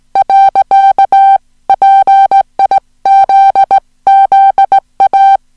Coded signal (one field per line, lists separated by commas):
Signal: Morse code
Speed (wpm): 17 wpm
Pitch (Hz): 780 Hz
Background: music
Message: . PIZZA